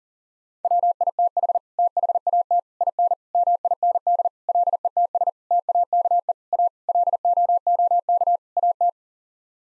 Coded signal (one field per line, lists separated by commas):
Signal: Morse code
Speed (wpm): 40 wpm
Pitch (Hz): 700 Hz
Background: none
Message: WITH THAT IN MIND LETS TAKE A LOOK AT